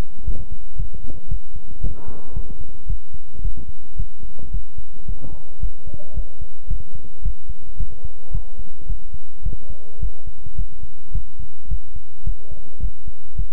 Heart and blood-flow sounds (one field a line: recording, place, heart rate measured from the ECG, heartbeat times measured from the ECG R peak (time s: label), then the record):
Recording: heart sounds by stethoscope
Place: between the tricuspid and mitral areas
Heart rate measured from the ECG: 110 bpm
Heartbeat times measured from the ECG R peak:
0.24 s: heartbeat
0.76 s: heartbeat
1.28 s: heartbeat
1.81 s: heartbeat
2.33 s: heartbeat
2.86 s: heartbeat
3.41 s: heartbeat
3.96 s: heartbeat
4.51 s: heartbeat
5.05 s: heartbeat
5.60 s: heartbeat
6.14 s: heartbeat
6.67 s: heartbeat
7.22 s: heartbeat
7.77 s: heartbeat
8.31 s: heartbeat
8.86 s: heartbeat
9.42 s: heartbeat
9.99 s: heartbeat
10.55 s: heartbeat
11.12 s: heartbeat
11.68 s: heartbeat
12.23 s: heartbeat
12.80 s: heartbeat
13.35 s: heartbeat
From the record:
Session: pedaling a stationary bicycle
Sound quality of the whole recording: good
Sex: male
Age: 24 years